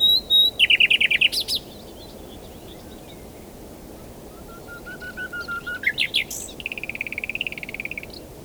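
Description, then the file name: Common nightingale singing: a quick burst of repeated notes, a long thin steady whistle, then a buzzy flourish and a fast run of rapidly repeated notes over steady background hiss. "Luscinia megarhynchos"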